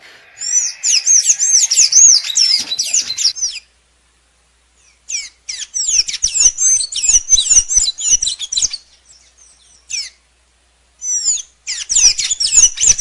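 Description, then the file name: Blue dacnis song: rapid, high, thin twittering of sharp up-and-down notes in three bursts separated by short pauses. "canto da pipira azul"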